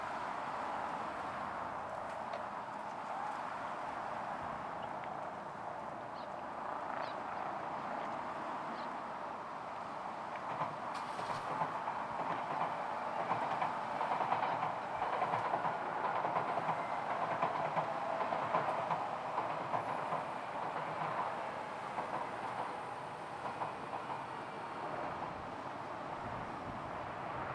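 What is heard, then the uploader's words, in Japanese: Steady rumbling vehicle noise, like a train rolling along, with a dense midrange roar, faint clacking, and a slight swell around fifteen seconds. 橋の上の騒音。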